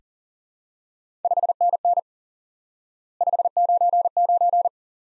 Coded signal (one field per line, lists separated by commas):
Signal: Morse code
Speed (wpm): 38 wpm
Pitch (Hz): 700 Hz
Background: none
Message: 5NN 599